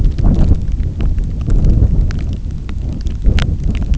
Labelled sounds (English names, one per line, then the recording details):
none
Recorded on Arctic tundra, site NAIT-1, on 27 June 2019
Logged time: 00:00